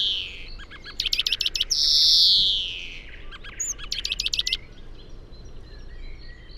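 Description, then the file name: European greenfinch giving a fast twittering trill, then a long falling buzzy wheeze and another trill burst, before quiet background hiss. "Chloris chloris"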